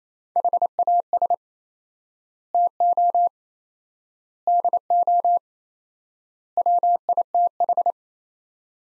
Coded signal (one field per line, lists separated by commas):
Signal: Morse code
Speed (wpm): 28 wpm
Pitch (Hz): 700 Hz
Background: none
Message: HAS TO DO WITH